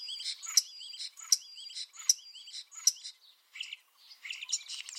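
Common starling repeating loud sharp clicks about every three-quarters of a second, mixed with rising whistled notes, then a short pause and a burst of chatter.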